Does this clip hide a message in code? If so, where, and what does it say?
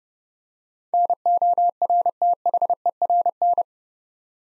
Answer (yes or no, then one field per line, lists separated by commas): yes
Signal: Morse code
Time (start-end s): 0.9-3.6 s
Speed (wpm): 28 wpm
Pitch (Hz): 700 Hz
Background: none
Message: NORTHERN